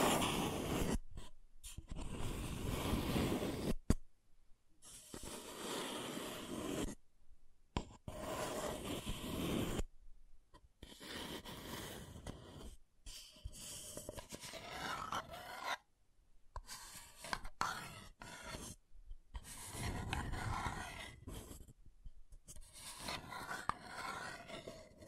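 Scratching and tracing sounds come in rough, noisy strokes that start and stop abruptly, with short silent gaps between them. The first few seconds are loudest and densest. Later strokes are lighter and more uneven, with a faint grainy rasp in the upper range.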